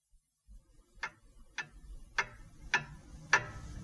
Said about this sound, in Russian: А тем временем в городе у нас дома все тикают да тикают часы, отмеривают время.